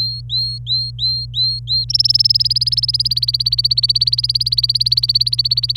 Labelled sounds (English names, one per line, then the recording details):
Domestic Canary song
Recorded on 26 April 2018 at 07:25
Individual llb3